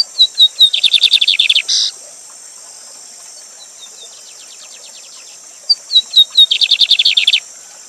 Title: Bigode Gavião Negro Professor De Canto Cantando Ao Vivo Com Cascata